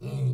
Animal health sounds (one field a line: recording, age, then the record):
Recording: pig call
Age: weaner (32 to 43 days)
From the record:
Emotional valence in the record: negative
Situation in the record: short isolation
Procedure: open field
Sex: female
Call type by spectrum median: low-frequency call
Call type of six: low-frequency stable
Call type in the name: low-frequency stable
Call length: 0.34 s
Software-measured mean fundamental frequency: 66 Hz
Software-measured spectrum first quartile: 129 Hz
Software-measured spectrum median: 150 Hz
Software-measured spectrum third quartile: 252 Hz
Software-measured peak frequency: 132 Hz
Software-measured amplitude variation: 107 dB a second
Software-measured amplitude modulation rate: 10.3 a second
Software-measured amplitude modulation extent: 10.4 dB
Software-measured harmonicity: 3.7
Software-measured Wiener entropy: -0.43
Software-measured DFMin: 981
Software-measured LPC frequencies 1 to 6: 2552, 3839, 4501, 5491, 7263, 8245 Hz